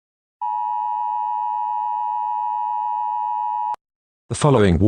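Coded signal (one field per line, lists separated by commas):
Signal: Emergency Alert System (SAME) tones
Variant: 853 and 960 Hz attention tone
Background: speech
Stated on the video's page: Fictional EAS scenario of a terrorist attack on the United Kingdom, simulated with text-to-speech.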